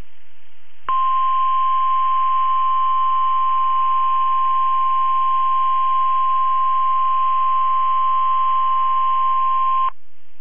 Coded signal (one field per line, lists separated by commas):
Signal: Emergency Alert System (SAME) tones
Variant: 1050 Hz attention tone